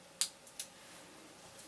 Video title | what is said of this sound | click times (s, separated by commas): Skin Wizard traitement pour institut | the needling you put first inside the hole you just make a little click after | 0.2 s